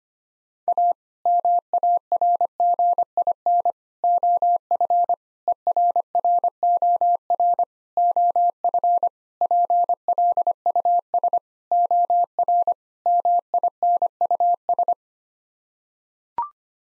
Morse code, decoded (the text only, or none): A MARGIN OF ERROR OF PLUS OR MINUS